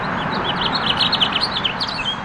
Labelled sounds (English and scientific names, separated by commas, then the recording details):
House Finch (Haemorhous mexicanus) song
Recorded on Long Island, New York, on 28 May 2012
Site RH
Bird A